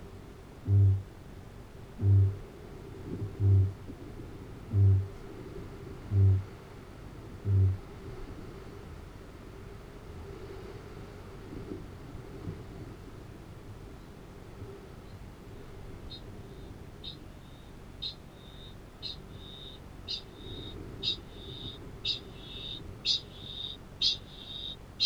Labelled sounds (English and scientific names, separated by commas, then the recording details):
Kākāpō (Strigops habroptilus) boom, Kākāpō (Strigops habroptilus) ching call
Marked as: faintness 2/5, faintness 4/5, faintness 3/5
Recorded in New Zealand
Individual Arab